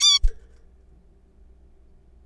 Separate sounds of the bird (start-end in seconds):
0.01-0.20